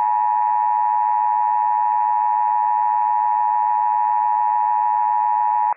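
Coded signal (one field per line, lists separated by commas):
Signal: Emergency Alert System (SAME) tones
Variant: 853 and 960 Hz attention tone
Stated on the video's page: Emergency Alert System Required Monthly Test from county emergency management, recorded from operational tones off NOAA weather radio station WWF56.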